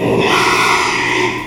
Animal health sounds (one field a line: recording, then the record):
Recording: squeal of a Yucatan mini pig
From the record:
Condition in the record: after surgery on the right vocal fold (resection and tissue-engineered implant)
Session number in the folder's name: 1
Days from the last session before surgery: 6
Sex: male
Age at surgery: 12 weeks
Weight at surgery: 13 kg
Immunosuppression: cyclosporine, prednisolone